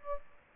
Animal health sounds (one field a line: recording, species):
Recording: mosquito wingbeat signal from an infrared sensor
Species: Aedes aegypti